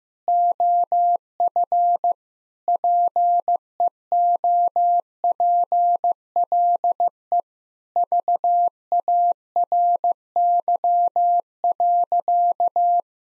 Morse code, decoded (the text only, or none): OF PEOPLE VARY.